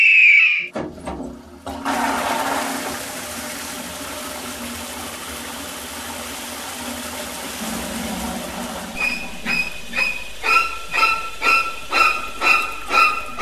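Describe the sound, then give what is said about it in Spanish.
A loud, steady rush of water, like a toilet flushing, gushes for several seconds, then a series of rhythmic, high-pitched squeaky pulses repeats toward the end. “Hasta cambió mi abuelo el agua a su pajarito.”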